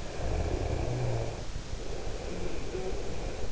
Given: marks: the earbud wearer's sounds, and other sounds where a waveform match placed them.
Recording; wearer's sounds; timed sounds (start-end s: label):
sounds in sleep by an in-ear microphone; snoring breath
0.05-3.52 s: snoring breath